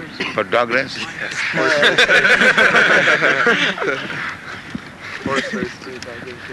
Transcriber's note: laughter